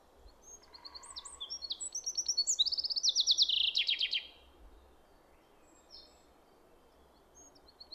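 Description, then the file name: Common chaffinch delivering one full song: faint scattered notes, then a descending trilled phrase with a flourish finish around four seconds, softer chirps afterward. "Fringilla coelebs"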